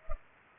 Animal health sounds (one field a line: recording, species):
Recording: mosquito wingbeat signal from an infrared sensor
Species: Culex pipiens